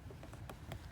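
During reassembly after a cylinder 8 coil pack replacement on a Ford F-150, a plastic part near the engine air box, probably an electrical connector or clip, is being pushed back on by hand. A few short, sharp handling taps sound around 0.3, 0.5 and 0.7 seconds over a low background rumble. Nothing has seated or clicked yet.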